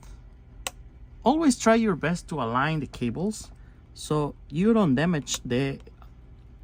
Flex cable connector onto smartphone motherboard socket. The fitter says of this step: uh it's going to be just uh a little easier you're going to hear the clicky noise and